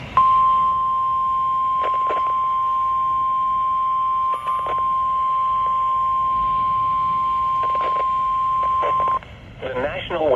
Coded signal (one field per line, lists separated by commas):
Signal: Emergency Alert System (SAME) tones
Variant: 1050 Hz attention tone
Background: speech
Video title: (EAS #385) Severe Thunderstorm Warning for MY COUNTY! (Rock, Wisconsin)